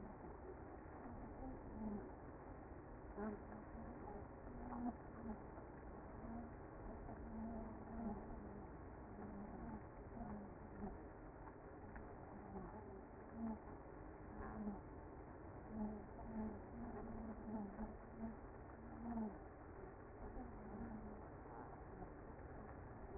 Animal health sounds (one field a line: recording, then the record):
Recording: honeybee colony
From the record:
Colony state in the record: active